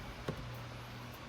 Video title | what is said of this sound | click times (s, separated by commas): 2016 Kia Sportage Cabin Air Filter Replacement— How To | you push it until it clicks | 0.3 s